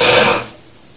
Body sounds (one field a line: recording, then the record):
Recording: coughing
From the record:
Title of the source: Cough Around the Clock!